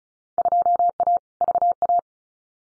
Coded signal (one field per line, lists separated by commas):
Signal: Morse code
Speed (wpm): 34 wpm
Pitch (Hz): 700 Hz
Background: none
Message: 2A VA